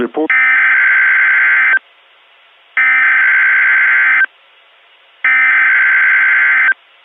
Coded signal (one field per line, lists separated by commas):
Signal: Emergency Alert System (SAME) tones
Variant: header bursts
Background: speech